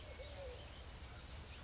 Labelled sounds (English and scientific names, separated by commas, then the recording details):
Eurasian Collared Dove (Streptopelia decaocto)
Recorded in Sonoma County, California